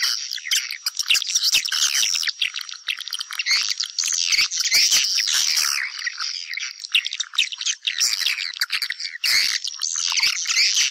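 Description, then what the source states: Swiftlets in full chorus: dense high twitters with clicking bursts, swelling and easing slightly while never stopping. Lure sound played to attract swiftlets for nest farming.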